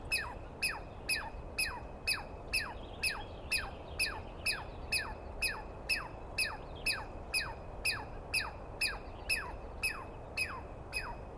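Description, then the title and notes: Douglas squirrel scolding with a long regular series of harsh descending squeals, about two each second, roughly two dozen calls against faint background hiss. Recorded at dawn on 21 April 2017 in the East Cascades; a single squirrel screaming at length at the recordist, identified by its sound rather than a clear view. "On the morning of 21 April, 2017, I set up my microphones and recorder for a nice dawn recording in the East Cascades. I was started awake by a screaming Douglas Pine Squirrel"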